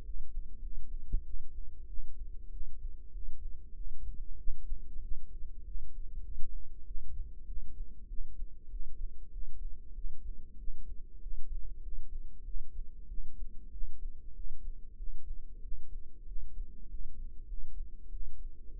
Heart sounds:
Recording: heart sounds by microphone in the right ear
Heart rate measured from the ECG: 96 bpm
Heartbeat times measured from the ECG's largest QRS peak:
0.03 s: heartbeat
0.59 s: heartbeat
1.23 s: heartbeat
1.86 s: heartbeat
2.49 s: heartbeat
3.11 s: heartbeat
3.73 s: heartbeat
4.36 s: heartbeat
5.00 s: heartbeat
5.63 s: heartbeat
6.22 s: heartbeat
6.84 s: heartbeat
7.45 s: heartbeat
8.07 s: heartbeat
8.68 s: heartbeat
9.29 s: heartbeat
9.93 s: heartbeat
10.56 s: heartbeat
11.19 s: heartbeat
11.80 s: heartbeat
12.43 s: heartbeat
13.06 s: heartbeat
13.70 s: heartbeat
14.33 s: heartbeat
14.95 s: heartbeat
15.60 s: heartbeat
16.24 s: heartbeat
16.87 s: heartbeat
17.45 s: heartbeat
18.09 s: heartbeat
18.72 s: heartbeat
From the record:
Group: healthy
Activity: rest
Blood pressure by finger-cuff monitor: 117/76 mmHg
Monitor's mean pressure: 89 mmHg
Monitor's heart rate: 97 bpm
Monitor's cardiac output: 7.8 L/min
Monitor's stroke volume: 81 mL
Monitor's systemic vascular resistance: 820 dyn s/cm5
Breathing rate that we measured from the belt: 21 breaths a minute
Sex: female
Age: 19 years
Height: 163 cm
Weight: 51 kg

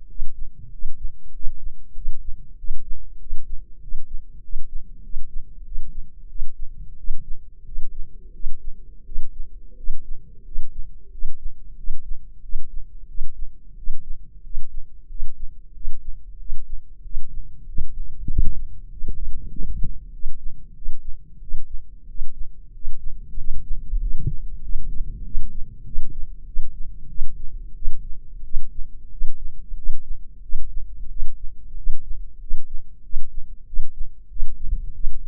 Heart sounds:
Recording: heart sounds by microphone in the left ear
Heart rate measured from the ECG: 93 bpm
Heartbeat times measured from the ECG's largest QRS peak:
0.07 s: heartbeat
0.70 s: heartbeat
1.32 s: heartbeat
1.94 s: heartbeat
2.56 s: heartbeat
3.18 s: heartbeat
3.80 s: heartbeat
4.41 s: heartbeat
5.02 s: heartbeat
5.63 s: heartbeat
6.27 s: heartbeat
6.96 s: heartbeat
7.64 s: heartbeat
8.32 s: heartbeat
9.04 s: heartbeat
9.75 s: heartbeat
10.43 s: heartbeat
11.10 s: heartbeat
11.75 s: heartbeat
12.41 s: heartbeat
13.06 s: heartbeat
13.75 s: heartbeat
14.42 s: heartbeat
15.07 s: heartbeat
15.72 s: heartbeat
16.37 s: heartbeat
17.02 s: heartbeat
17.65 s: heartbeat
18.27 s: heartbeat
18.89 s: heartbeat
19.50 s: heartbeat
20.11 s: heartbeat
20.73 s: heartbeat
21.39 s: heartbeat
22.06 s: heartbeat
22.72 s: heartbeat
23.35 s: heartbeat
23.99 s: heartbeat
24.61 s: heartbeat
25.23 s: heartbeat
25.83 s: heartbeat
26.45 s: heartbeat
27.08 s: heartbeat
27.74 s: heartbeat
28.43 s: heartbeat
29.10 s: heartbeat
29.75 s: heartbeat
30.41 s: heartbeat
31.08 s: heartbeat
31.75 s: heartbeat
32.39 s: heartbeat
33.02 s: heartbeat
33.65 s: heartbeat
34.28 s: heartbeat
34.92 s: heartbeat
From the record:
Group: healthy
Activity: cold pressor test 0-23 s, rest 23-35 s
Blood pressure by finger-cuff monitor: 152/112 mmHg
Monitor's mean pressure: 125 mmHg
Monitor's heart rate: 92 bpm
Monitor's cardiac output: 7.4 L/min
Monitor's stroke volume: 79 mL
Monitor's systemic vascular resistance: 1280 dyn s/cm5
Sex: male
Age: 23 years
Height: 179 cm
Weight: 87 kg

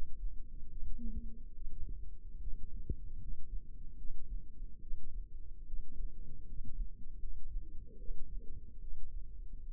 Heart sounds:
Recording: heart sounds by microphone in the left ear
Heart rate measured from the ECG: 74 bpm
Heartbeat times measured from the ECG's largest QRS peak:
0.69 s: heartbeat
1.54 s: heartbeat
2.39 s: heartbeat
3.18 s: heartbeat
3.96 s: heartbeat
4.80 s: heartbeat
5.65 s: heartbeat
6.46 s: heartbeat
7.18 s: heartbeat
7.97 s: heartbeat
8.79 s: heartbeat
9.65 s: heartbeat
From the record:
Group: healthy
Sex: female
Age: 22 years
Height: 160 cm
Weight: 63 kg

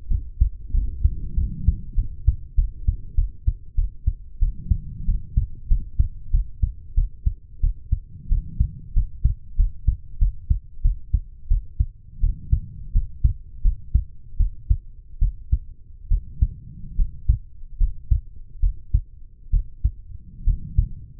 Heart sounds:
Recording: heart sounds by stethoscope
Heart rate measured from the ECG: 85 bpm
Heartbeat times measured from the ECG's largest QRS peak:
0.08 s: heartbeat
0.71 s: heartbeat
1.35 s: heartbeat
1.95 s: heartbeat
2.55 s: heartbeat
3.15 s: heartbeat
3.75 s: heartbeat
4.39 s: heartbeat
5.06 s: heartbeat
5.68 s: heartbeat
6.31 s: heartbeat
6.95 s: heartbeat
7.61 s: heartbeat
8.29 s: heartbeat
8.94 s: heartbeat
9.57 s: heartbeat
10.19 s: heartbeat
10.82 s: heartbeat
11.48 s: heartbeat
12.21 s: heartbeat
12.93 s: heartbeat
13.63 s: heartbeat
14.37 s: heartbeat
15.19 s: heartbeat
16.09 s: heartbeat
16.96 s: heartbeat
17.78 s: heartbeat
18.61 s: heartbeat
19.51 s: heartbeat
20.45 s: heartbeat
From the record:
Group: healthy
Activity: cold pressor test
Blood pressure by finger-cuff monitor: 95/57 mmHg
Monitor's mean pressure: 70 mmHg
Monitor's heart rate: 91 bpm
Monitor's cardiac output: 7.4 L/min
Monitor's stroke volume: 82 mL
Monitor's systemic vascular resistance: 700 dyn s/cm5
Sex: female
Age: 23 years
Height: 160 cm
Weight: 50.4 kg

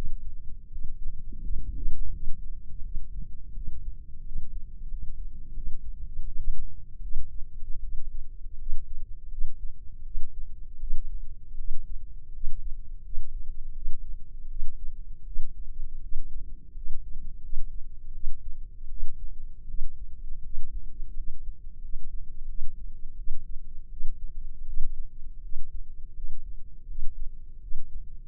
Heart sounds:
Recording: heart sounds by microphone in the left ear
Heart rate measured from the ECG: 82 bpm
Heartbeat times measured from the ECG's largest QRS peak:
0.69 s: heartbeat
1.40 s: heartbeat
2.11 s: heartbeat
2.81 s: heartbeat
3.53 s: heartbeat
4.22 s: heartbeat
4.88 s: heartbeat
5.53 s: heartbeat
6.24 s: heartbeat
7.00 s: heartbeat
7.80 s: heartbeat
8.57 s: heartbeat
9.29 s: heartbeat
10.03 s: heartbeat
10.79 s: heartbeat
11.56 s: heartbeat
12.32 s: heartbeat
13.02 s: heartbeat
13.73 s: heartbeat
14.48 s: heartbeat
15.24 s: heartbeat
16.00 s: heartbeat
16.73 s: heartbeat
17.40 s: heartbeat
18.12 s: heartbeat
18.88 s: heartbeat
19.65 s: heartbeat
20.41 s: heartbeat
21.14 s: heartbeat
21.80 s: heartbeat
22.46 s: heartbeat
23.15 s: heartbeat
23.88 s: heartbeat
24.64 s: heartbeat
25.41 s: heartbeat
26.13 s: heartbeat
26.86 s: heartbeat
27.60 s: heartbeat
From the record:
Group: healthy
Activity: cold pressor test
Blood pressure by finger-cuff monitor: 119/74 mmHg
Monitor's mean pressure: 93 mmHg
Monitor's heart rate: 82 bpm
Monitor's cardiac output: 6.9 L/min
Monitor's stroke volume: 84 mL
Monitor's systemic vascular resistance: 990 dyn s/cm5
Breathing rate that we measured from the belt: 14 breaths a minute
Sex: female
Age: 24 years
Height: 163 cm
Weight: 55.7 kg

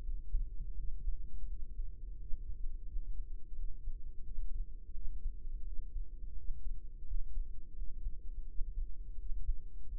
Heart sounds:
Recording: heart sounds by microphone in the right ear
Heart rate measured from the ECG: 85 bpm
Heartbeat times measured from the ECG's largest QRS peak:
0.01 s: heartbeat
0.74 s: heartbeat
1.45 s: heartbeat
2.16 s: heartbeat
2.86 s: heartbeat
3.53 s: heartbeat
4.21 s: heartbeat
4.91 s: heartbeat
5.62 s: heartbeat
6.33 s: heartbeat
7.04 s: heartbeat
7.73 s: heartbeat
8.44 s: heartbeat
9.15 s: heartbeat
9.85 s: heartbeat
From the record:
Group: healthy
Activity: rest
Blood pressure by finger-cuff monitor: 106/61 mmHg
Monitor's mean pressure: 76 mmHg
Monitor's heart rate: 85 bpm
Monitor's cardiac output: 7.3 L/min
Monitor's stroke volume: 86 mL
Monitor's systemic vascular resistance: 740 dyn s/cm5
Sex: female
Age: 26 years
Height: 165 cm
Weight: 55 kg

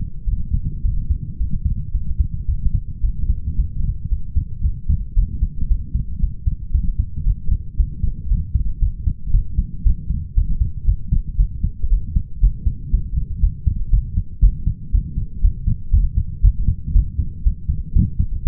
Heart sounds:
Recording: heart sounds by stethoscope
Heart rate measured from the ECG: 115 bpm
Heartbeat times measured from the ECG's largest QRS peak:
0.25 s: heartbeat
0.83 s: heartbeat
1.38 s: heartbeat
1.92 s: heartbeat
2.46 s: heartbeat
3.02 s: heartbeat
3.56 s: heartbeat
4.09 s: heartbeat
4.62 s: heartbeat
5.15 s: heartbeat
5.68 s: heartbeat
6.20 s: heartbeat
6.72 s: heartbeat
7.24 s: heartbeat
7.77 s: heartbeat
8.29 s: heartbeat
8.80 s: heartbeat
9.32 s: heartbeat
9.84 s: heartbeat
10.35 s: heartbeat
10.86 s: heartbeat
11.37 s: heartbeat
11.90 s: heartbeat
12.41 s: heartbeat
12.91 s: heartbeat
13.41 s: heartbeat
13.91 s: heartbeat
14.41 s: heartbeat
14.92 s: heartbeat
15.42 s: heartbeat
15.91 s: heartbeat
16.42 s: heartbeat
16.93 s: heartbeat
17.44 s: heartbeat
17.94 s: heartbeat
18.45 s: heartbeat
From the record:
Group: healthy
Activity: light exercise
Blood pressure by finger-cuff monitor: 114/57 mmHg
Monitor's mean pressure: 75 mmHg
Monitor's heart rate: 115 bpm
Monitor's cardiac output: 9.1 L/min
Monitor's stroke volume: 82 mL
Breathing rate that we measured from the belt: 27 breaths a minute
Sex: male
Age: 22 years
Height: 181 cm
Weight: 60 kg

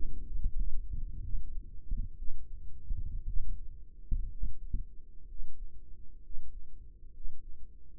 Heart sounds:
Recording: heart sounds by microphone in the right ear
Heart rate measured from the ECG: 64 bpm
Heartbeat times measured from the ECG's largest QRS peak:
0.55 s: heartbeat
1.22 s: heartbeat
2.18 s: heartbeat
3.26 s: heartbeat
4.30 s: heartbeat
5.27 s: heartbeat
6.21 s: heartbeat
7.12 s: heartbeat
From the record:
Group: healthy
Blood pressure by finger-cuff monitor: 96/47 mmHg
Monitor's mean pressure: 63 mmHg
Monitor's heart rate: 63 bpm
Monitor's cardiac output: 7.1 L/min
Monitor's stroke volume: 101 mL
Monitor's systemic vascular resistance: 650 dyn s/cm5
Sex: female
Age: 22 years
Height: 157 cm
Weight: 47.6 kg

